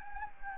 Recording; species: mosquito wingbeat signal from an infrared sensor; Anopheles gambiae